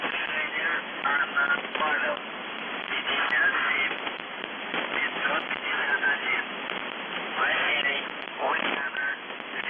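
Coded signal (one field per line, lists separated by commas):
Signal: numbers station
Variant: UVB-76, Russian voice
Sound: muffled voice speaking through heavy shortwave static with crackles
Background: radio static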